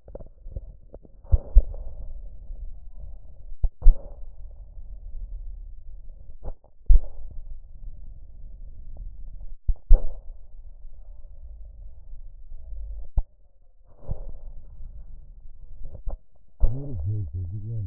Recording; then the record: lung sounds by stethoscope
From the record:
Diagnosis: emphysema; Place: left posterior upper chest